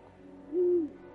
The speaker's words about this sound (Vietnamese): Đêm hôm đó, ở đầu nhà, tiếng cú kêu lên, nghe thê lương vô cùng.